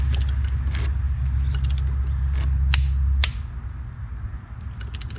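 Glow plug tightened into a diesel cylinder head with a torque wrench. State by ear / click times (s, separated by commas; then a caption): torque reached / 2.7 s, 3.2 s. A metal glow plug is tightened into cylinder four of a diesel cylinder head with a torque wrench set to about 115 inch-pounds, with soft ratcheting ticks over a steady low hum. The wrench gives its sharp torque clicks at 2.7 s and 3.2 s, confirming the glow plug is at the set torque. Afterward the low hum drops away, a few faint ticks follow, and someone talks.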